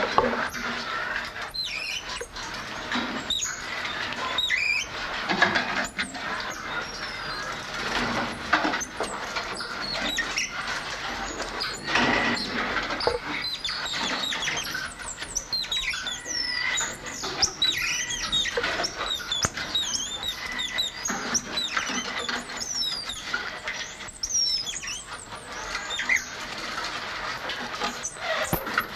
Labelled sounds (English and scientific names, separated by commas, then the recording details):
Red-chested Mustached Tamarin (Saguinus labiatus) call
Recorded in captivity
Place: Zoo Magdeburg, Sachsen-Anhalt, DE
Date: 1995-04-05
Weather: sonnig, 8°C
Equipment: Sony WM-D6C, Mikro Philips, Kopie Uher 4200 Report Mono
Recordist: Tembrock, Günter